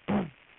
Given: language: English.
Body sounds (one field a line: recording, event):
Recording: throat vibration sensor signal played as sound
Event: throat clearing